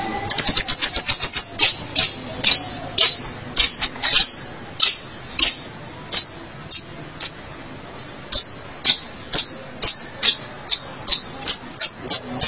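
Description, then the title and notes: Long-tailed shrike song: fast burst of high, squeaky harsh notes at first, slowing to evenly spaced rasping notes about twice a second. "Pentet 201703. Suara burung pentet"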